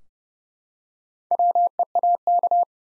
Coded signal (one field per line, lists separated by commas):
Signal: Morse code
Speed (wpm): 32 wpm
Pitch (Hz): 700 Hz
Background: none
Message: WEAK